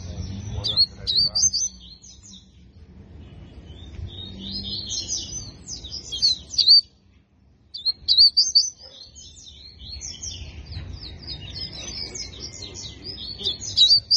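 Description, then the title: Double-collared seedeater singing fast, high, chattering notes in several phrases, with a short silence in the middle, over a faint low hum. Song in the tui-tui style; the bird is described as fibra (spirited). "COLEIRO DE GOLA TUI TUI FIBRA"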